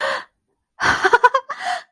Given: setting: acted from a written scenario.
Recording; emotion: vocal sound without words; elation